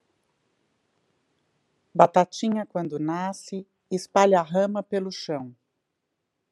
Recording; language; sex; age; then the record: short text; Brazilian Portuguese; female; 50 to 59 years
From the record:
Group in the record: control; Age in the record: 52 years